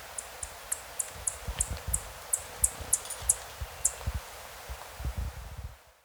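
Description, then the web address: Chestnut-breasted Coronet giving a series of very high, thin, sharp ticks, about three per second for four seconds, with soft low thumps beneath. Recorded in Ecuador, South America. "Birds of Ecuador. Chestnut-Breasted Coronet"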